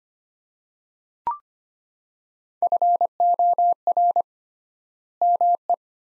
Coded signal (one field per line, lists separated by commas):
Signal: Morse code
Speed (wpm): 25 wpm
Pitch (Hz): 700 Hz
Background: none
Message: FOR ME